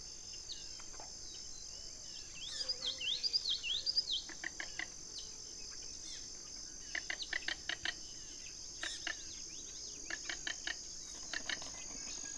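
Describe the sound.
King rail giving several short, irregular runs of dry kek notes, with a warbling bird early on and a persistent high insect drone throughout.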